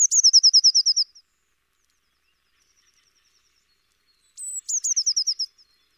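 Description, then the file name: Eurasian blue tit uttering two quick trills of high, evenly spaced chipping notes, each lasting about a second, with a pause between. "Cyanistes caeruleus"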